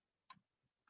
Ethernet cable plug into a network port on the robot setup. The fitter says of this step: it did a click and then the other end we're gonna get to the computer